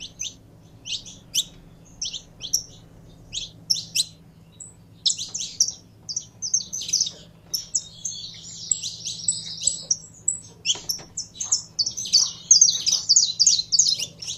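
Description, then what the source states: Canary song opening with spaced, sharp high chirps, then breaking into a continuous rolling trill and quick warbled phrases, with a low hum behind. Pure Belgian canary breed.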